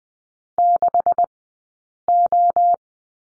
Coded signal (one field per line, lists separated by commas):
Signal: Morse code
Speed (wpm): 20 wpm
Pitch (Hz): 700 Hz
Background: none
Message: 6O